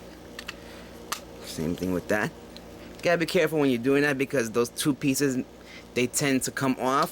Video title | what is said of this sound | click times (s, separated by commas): Transformers Animated Voyager Class Blackout Video Review | you push it all the way back until it snaps in | 1.1 s